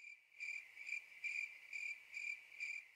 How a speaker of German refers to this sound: Grille. Ja. Grille jetzt.